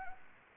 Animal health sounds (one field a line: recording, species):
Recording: mosquito wingbeat signal from an infrared sensor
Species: Anopheles gambiae